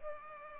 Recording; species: mosquito wingbeat signal from an infrared sensor; Culex pipiens